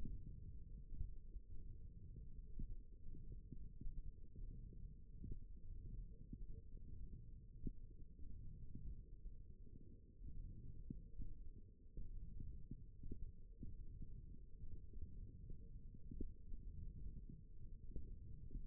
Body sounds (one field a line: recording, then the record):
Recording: forearm muscle sounds (acoustic myography)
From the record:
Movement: wrist extension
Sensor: system 1, eight BSWA MPA416 microphones around the upper forearm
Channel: 4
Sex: female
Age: 21 years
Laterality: right